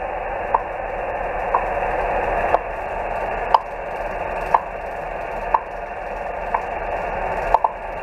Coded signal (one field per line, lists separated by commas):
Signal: radio time signal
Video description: Time signals are used to correct vessel chronometer time